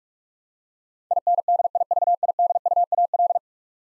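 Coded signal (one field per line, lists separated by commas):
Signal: Morse code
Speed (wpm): 44 wpm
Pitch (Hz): 700 Hz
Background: none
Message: INDIVIDUAL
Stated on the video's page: Head-copy drill of ten-letter words at 45 wpm, each word sent in Morse, spoken, then sent again.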